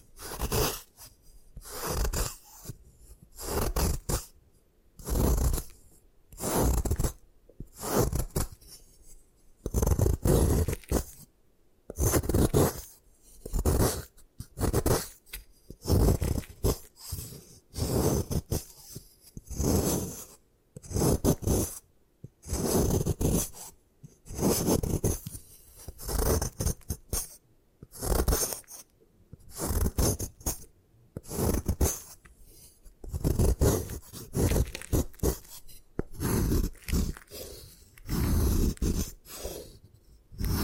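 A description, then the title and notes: Gym chalk is crushed and worked in repeated short bursts of scraping and rubbing, each stroke about a second long with brief pauses between. The grinding sounds coarse, heavy in the low end with a gritty hiss on top, keeping a steady rhythm throughout. ASMR Satisfying Ways to Destroy Gym Chalk (No Talking).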